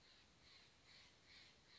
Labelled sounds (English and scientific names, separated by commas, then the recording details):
Steller's Jay (Cyanocitta stelleri)
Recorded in Sonoma County, California